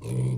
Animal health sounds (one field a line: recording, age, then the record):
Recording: pig call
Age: weaner (32 to 43 days)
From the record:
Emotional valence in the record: negative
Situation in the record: novel object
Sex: female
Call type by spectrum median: low-frequency call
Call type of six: low-frequency stable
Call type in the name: low-frequency stable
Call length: 0.38 s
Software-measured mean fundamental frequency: 62 Hz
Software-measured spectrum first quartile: 126 Hz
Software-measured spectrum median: 174 Hz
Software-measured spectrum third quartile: 537 Hz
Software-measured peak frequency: 126 Hz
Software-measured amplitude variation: 96 dB a second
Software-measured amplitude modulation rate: 35.8 a second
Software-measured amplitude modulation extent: 2.7 dB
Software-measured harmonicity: 15.1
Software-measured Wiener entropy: -0.94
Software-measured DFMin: 1022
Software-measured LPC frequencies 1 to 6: 2300, 3402, 4107, 6073, 7582, 8733 Hz